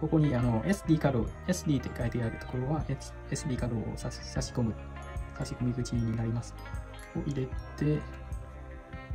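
A microSD card is handled at the SD card slot of an Insta360 X3 360 camera while someone talks over background music. Nothing has seated or clicked yet; the card is not yet pushed home into the slot.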